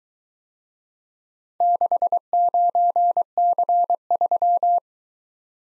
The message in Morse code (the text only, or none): 69C3